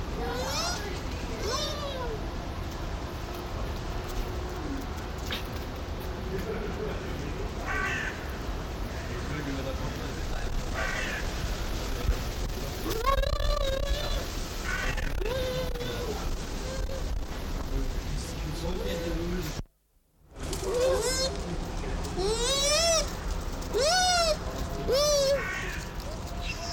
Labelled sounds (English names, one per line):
Bush Dog